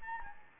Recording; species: mosquito wingbeat signal from an infrared sensor; Anopheles gambiae